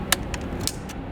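The side of a new SYGAV Android 9.0 head unit's trim bezel is pushed into a Lancer Evo X dashboard, and its plastic retaining clips snap with sharp clicks at 0.1 s, 0.3 s and 0.7 s over low background noise. The bezel is seated.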